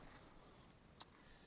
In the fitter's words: on le fait en position conduite comme ça on tire vers le haut ah ben on a entendu les clics